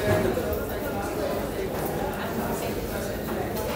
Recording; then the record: background sound without coughing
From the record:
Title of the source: 40 min - Ambience sounds UNIVERSITY lunchroom chatting